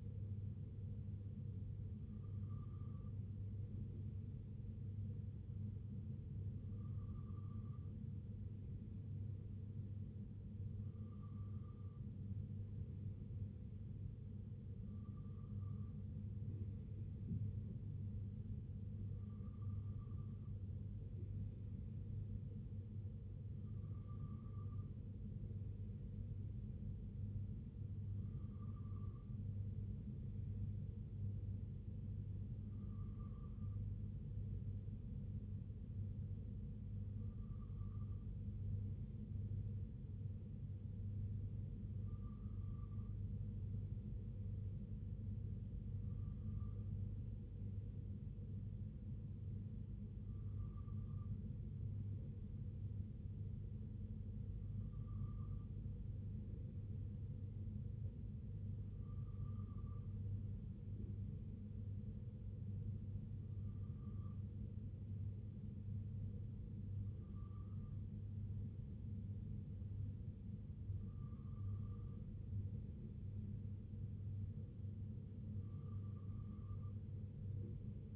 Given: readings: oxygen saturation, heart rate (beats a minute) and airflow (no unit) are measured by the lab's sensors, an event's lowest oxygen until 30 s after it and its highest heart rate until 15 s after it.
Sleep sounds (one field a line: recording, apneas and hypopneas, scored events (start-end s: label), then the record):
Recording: breathing in sleep by a smartphone at the bedside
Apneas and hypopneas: none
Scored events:
7.00-67.00 s: new sleep stage, N2 (light sleep)
67.00-78.16 s: new sleep stage, N3 (deep sleep)
From the record:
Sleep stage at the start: N3 (deep sleep)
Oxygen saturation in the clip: 94 to 95%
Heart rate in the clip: 60 to 65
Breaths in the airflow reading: 18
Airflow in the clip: -3.3 to 2.3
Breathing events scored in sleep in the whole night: 258 in 7.4 hours asleep